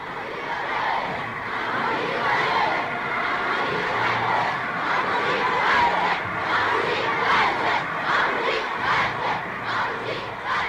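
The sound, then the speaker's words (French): A huge crowd cheers and shouts continuously at a 1964 parade in China marking the 15th anniversary, a dense, steady roar of many voices with rhythmic swells and rising calls throughout. “La foule acclame.”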